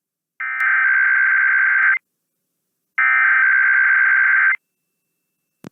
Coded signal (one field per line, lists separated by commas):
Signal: Emergency Alert System (SAME) tones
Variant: header bursts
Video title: Usual Monday Time Zone IPAWS Weeklies (EAS #16770-16777) 3/11/24